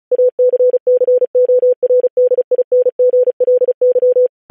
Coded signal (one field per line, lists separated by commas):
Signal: Morse code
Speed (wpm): 36 wpm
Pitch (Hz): 500 Hz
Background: none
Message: ACCORDINGLY